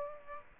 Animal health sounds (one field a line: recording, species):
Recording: mosquito wingbeat signal from an infrared sensor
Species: Aedes aegypti